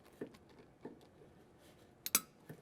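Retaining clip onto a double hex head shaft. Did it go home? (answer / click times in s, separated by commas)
yes / 2.1 s, 2.2 s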